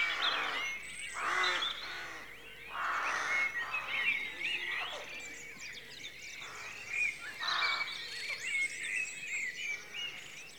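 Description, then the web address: Rooks give rough, repeated caws from a crowd of birds, mixed with a dense dawn chorus of high whistles and chirps. Rookery at dawn in a rural setting; outdoor atmosphere. "BBC Sound Effects Library. Rookery Dawn"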